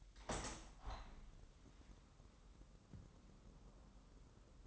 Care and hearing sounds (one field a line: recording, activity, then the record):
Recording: daily activity, microphone in the room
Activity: open window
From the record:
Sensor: 3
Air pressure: 997.9 hPa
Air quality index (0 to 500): 138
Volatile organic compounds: 4 ppm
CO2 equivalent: 1648 ppm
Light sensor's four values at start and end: 14/42/17/15 and 14/41/17/15